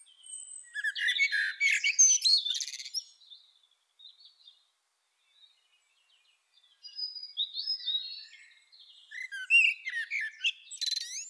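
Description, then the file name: Common blackbird song in two dense bursts of warbles and scratchy twittering, separated by a quiet gap with a few thin, high notes. "Turdus merula"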